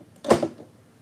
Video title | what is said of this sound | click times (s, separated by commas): Betcha Didn't Know You Could Create This WITH PAPER?!? | It snapped in. There it is. | 0.3 s